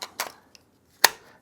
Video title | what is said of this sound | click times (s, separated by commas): Gardena MultiControl Duo Water Timer: How to Program and Use | until it clicks into place. Once you're happy the battery is in place, | 1.0 s